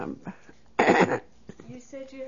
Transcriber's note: she clears her throat